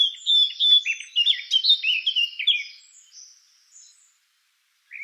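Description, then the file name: Eurasian blackcap giving one loud, rapid warble that fades into soft notes, followed by a short single note at the end. "Sylvia atricapilla"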